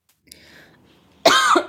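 An adult gives a single short, harsh cough after a moment of faint room noise. It is one dry-sounding expulsive cough lasting under half a second, with no whoop or indrawn breath after it.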